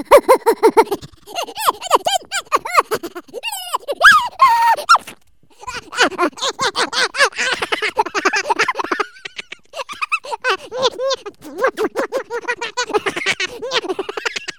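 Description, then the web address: Squirrel chatter: dense, rapid squeaky notes piling into noisy bursts, broken by two short pauses. Squirrels mating. "zvuk Sukajici. veverky"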